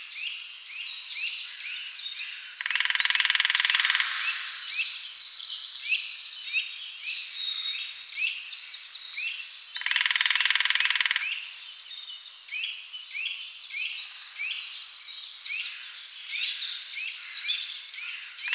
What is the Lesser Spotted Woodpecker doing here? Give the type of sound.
drumming